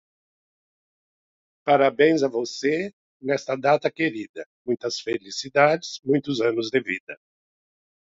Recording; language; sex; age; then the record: short text; Brazilian Portuguese; male; 70 to 79 years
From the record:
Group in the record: control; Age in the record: 70 years